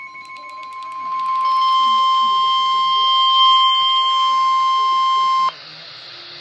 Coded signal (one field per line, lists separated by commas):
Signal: Emergency Alert System (SAME) tones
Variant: 1050 Hz attention tone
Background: speech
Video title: Flood Warning (EAS#104)